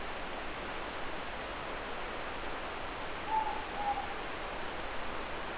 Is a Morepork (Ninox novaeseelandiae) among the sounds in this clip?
yes